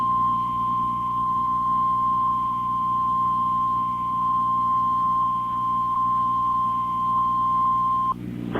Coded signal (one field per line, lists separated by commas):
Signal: Emergency Alert System (SAME) tones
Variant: 1050 Hz attention tone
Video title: AM/FM EAS #15 (EAS #59): Winter Storm Warning, 1/11/19